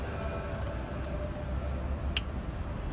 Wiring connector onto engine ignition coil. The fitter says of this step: つ、必ず4つね、間違いなくカチッとなるまではめていきます。